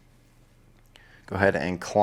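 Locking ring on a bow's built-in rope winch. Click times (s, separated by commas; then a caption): 1.0 s. After the needed length of rope is pulled out of the built-in rope winch on a 2023 Black Mamba 29 backcountry bow, the winch's locking ring is locked back in place with a short, sharp click at 1.0 s, preceded by a faint tick at 0.8 s. Someone then talks over the rest of the clip, and the locking ring is seated.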